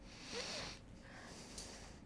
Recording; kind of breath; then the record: one breath in and out by a microphone near the nose and mouth; deep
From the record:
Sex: male